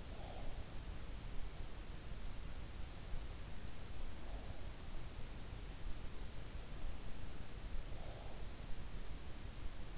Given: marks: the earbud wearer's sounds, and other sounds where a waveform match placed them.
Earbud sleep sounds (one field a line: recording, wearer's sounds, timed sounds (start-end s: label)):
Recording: sounds in sleep by an in-ear microphone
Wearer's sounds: breath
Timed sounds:
0.00-0.70 s: breath
4.02-4.90 s: breath
7.78-8.62 s: breath